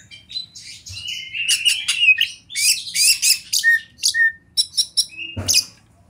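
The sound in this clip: Oriental magpie-robin delivering choppy whistles and scratchy notes in short, uneven bursts, followed by a brief rustling knock near the end.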